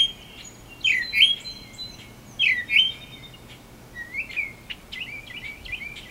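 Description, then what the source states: Northern mockingbird giving short swooping notes twice, then a rapid jumble of chirps. Subspecies Mimus polyglottos polyglottos.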